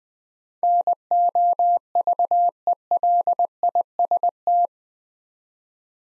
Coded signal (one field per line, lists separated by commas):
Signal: Morse code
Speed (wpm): 20 wpm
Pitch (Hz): 700 Hz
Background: none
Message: NOVELIST